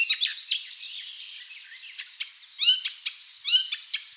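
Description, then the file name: Icterine warbler song fragment: rapid chattering notes followed by loud, clear whistled phrases repeated twice, mixed with scratchy squeaks. "Hippolais icterina"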